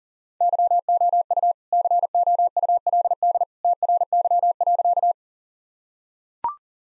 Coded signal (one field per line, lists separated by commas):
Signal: Morse code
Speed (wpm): 40 wpm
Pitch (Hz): 700 Hz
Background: none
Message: YOU COULD TRY.